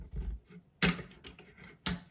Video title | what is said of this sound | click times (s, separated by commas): Transformers The Last Knight: Leader class Optimus Prime (ASMR) | yeah, it sort of clicks into place here. | 0.8 s, 1.9 s